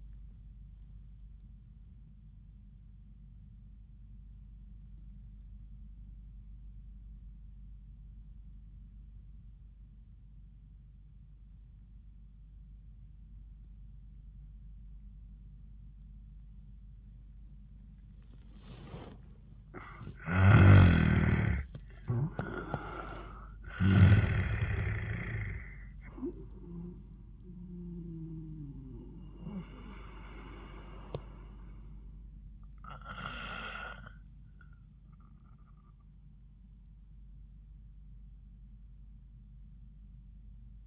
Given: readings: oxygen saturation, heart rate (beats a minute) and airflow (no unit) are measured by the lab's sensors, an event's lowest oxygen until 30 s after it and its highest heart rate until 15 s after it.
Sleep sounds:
breathing in sleep by a smartphone at the bedside; 1
4.00-19.80 s: obstructive apnea (N1, oxygen 95% highest, then 85% lowest, heart rate 85 at the start, 90 highest)
From the record:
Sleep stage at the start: N1 (lightest sleep); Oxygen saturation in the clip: 85 to 95%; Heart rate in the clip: 74 to 90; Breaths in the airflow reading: 4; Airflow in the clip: -17.7 to 11.8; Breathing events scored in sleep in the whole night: 400 in 8.7 hours asleep

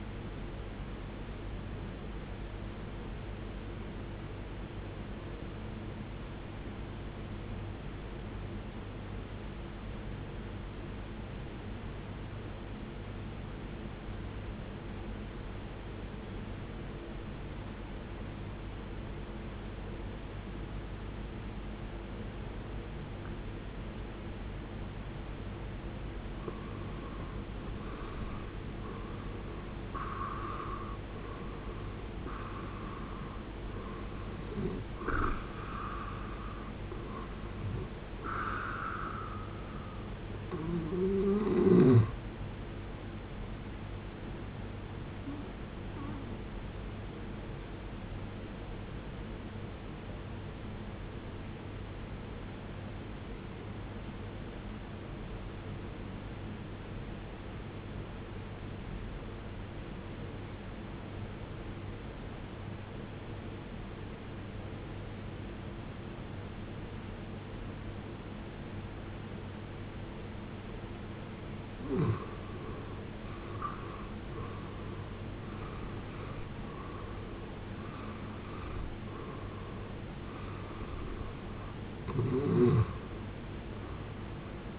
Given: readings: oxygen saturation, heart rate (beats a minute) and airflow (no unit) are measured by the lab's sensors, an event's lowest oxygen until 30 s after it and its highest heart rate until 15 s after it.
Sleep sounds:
breathing in sleep by a voice recorder at the bedside; 2
4.00-30.80 s: obstructive apnea (N1, oxygen 95% highest, then 90% lowest, heart rate 79 at the start, 79 highest)
46.00-76.00 s: new sleep stage, awake
53.00-74.90 s: obstructive apnea (scored as awake, oxygen 96% highest, then 86% lowest, heart rate 66 at the start, 77 highest)
53.00-84.00 s: awake
76.00-84.79 s: new sleep stage, N1 (lightest sleep)
From the record:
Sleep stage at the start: N1 (lightest sleep); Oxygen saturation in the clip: 90 to 96%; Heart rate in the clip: 52 to 80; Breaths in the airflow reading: 11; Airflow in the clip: -13.9 to 16.3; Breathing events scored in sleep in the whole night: 389 in 6.3 hours asleep

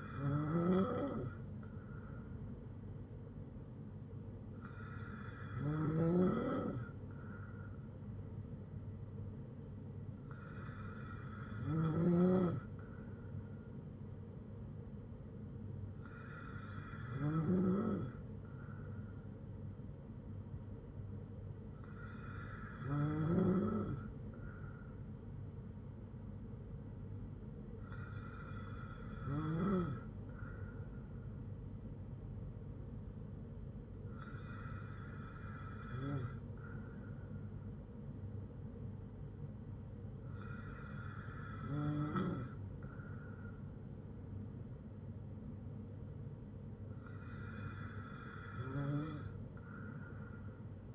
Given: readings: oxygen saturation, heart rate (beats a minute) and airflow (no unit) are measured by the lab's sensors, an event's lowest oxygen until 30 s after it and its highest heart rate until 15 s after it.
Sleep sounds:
breathing in sleep by a smartphone at the bedside; none
none scored
From the record:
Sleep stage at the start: N2 (light sleep); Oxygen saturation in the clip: 94 to 96%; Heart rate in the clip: 54 to 60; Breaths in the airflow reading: 9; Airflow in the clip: -4.6 to 3.5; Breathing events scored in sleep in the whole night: 182 in 7.4 hours asleep

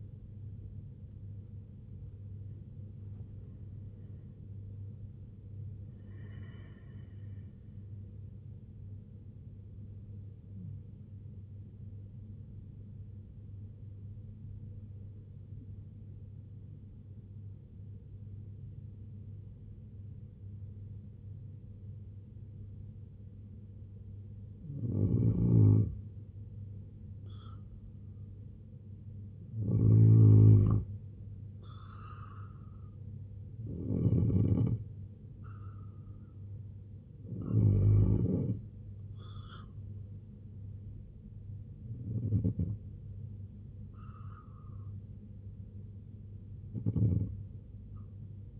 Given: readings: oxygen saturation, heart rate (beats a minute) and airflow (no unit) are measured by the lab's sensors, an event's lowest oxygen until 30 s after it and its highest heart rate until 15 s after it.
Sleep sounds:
breathing in sleep by a smartphone at the bedside; 1
13.00-25.30 s: obstructive apnea (N1, oxygen 96% highest, then 90% lowest, heart rate 71 at the start, 79 highest)
19.00-48.60 s: new sleep stage, N2 (light sleep)
From the record:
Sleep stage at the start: N1 (lightest sleep); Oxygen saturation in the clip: 89 to 96%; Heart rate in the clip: 66 to 94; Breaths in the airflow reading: 4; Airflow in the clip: -9.0 to 9.7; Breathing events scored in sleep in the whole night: 258 in 7.4 hours asleep

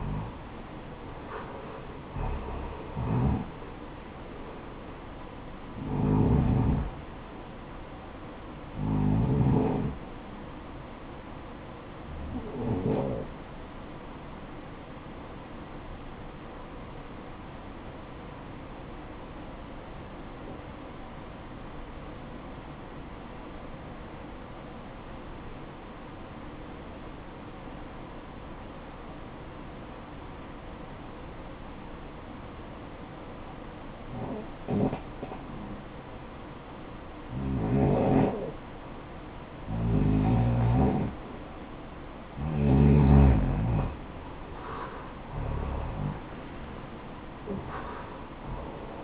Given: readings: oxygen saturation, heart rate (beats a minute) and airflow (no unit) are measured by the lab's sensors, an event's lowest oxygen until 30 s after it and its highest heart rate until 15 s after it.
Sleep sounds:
breathing in sleep by a voice recorder at the bedside; 1
19.00-40.30 s: obstructive apnea (REM, oxygen 92% highest, then 83% lowest, heart rate 64 at the start, 76 highest)
From the record:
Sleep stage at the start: REM sleep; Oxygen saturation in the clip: 79 to 92%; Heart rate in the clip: 61 to 80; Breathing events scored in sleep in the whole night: 573 in 9.8 hours asleep

